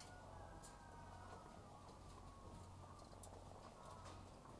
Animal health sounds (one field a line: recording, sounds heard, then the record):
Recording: poultry house recording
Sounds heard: sick chickens (respiratory disease)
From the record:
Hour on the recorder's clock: 12